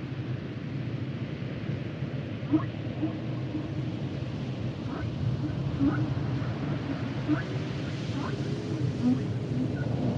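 Humpback whale calls rise out of a thick, steady wash of low rumbling noise. Short upswept moans and squeaks come every second or two, from about two and a half seconds to the end, some brighter, some low and groaning.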